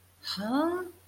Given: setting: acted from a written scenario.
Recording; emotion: vocal sound without words; confusion